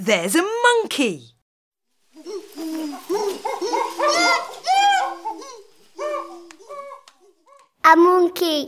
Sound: fx: monkey